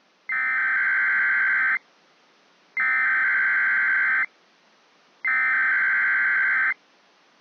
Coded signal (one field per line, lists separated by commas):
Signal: Emergency Alert System (SAME) tones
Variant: header bursts